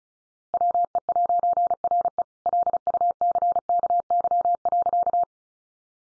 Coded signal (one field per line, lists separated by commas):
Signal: Morse code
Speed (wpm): 34 wpm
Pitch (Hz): 700 Hz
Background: none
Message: WE'RE LUCKY.